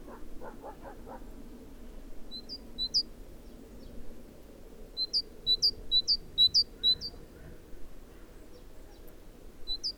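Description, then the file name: Great tit calls: scattered sharp notes, then a run of about six hooked notes near the middle, with some low chatter at the start. "Parus major"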